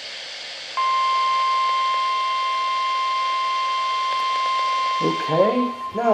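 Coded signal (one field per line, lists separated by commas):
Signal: Emergency Alert System (SAME) tones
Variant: 1050 Hz attention tone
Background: speech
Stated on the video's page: Failed Required Weekly Test from weather radio transmitter WXM68.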